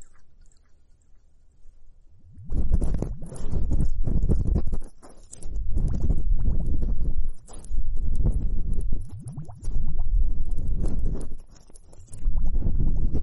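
Foamy, bubbling massage sounds at the ears, starting after about two and a half seconds of near silence with a faint low hum. Dense crackling and squishing bursts follow in long stretches, with brief quieter pauses near five, seven and eleven seconds.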